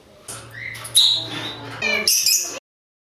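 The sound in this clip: Parrot calls: a quick series of raspy squawks and a whistled note, ending in a harsh high screech before stopping abruptly.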